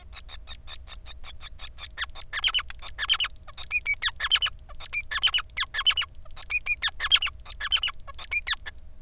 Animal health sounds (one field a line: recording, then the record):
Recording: song of a male Bengalese finch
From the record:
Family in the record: son of father 5